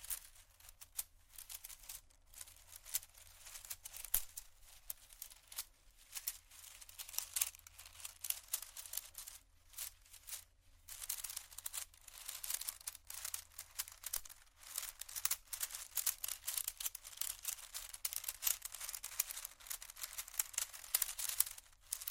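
Scratching and tapping on glass and bamboo, with dense, irregular bursts of bright, crackly scraping that continue throughout. Short gaps break the texture every second or two. A low steady hum runs underneath the whole time.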